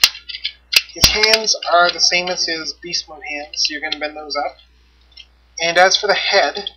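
Two loud, sharp clicks at 0.0 s and 0.8 s as the small plastic shoulder tabs on the torso of a Beast Wars Optimus Primal (10th Anniversary) action figure are pushed and pop up into place during transformation. The tabs seat, one click for each, and someone then talks.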